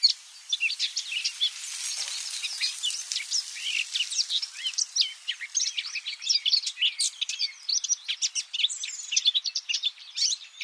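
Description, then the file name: Eurasian blackcap uttering a continuous stream of quick, scratchy high notes and twitters. "Sylvia atricapilla"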